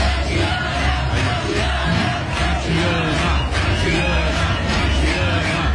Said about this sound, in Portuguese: É nesse vídeo que as pessoas gritam o nome dela? Isso, na sequência? Isso, então isso. Vamos ouvir.